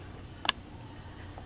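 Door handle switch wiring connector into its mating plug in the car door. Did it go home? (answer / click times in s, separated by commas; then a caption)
yes / 0.5 s. The plastic wiring connector for the door handle switch is pushed home into its mating plug in a C6 Corvette door while a painted exterior door handle is installed. A single sharp, bright snap sounds at 0.5 s, followed by a much fainter tick at 1.4 s against low background hiss. The connector is seated.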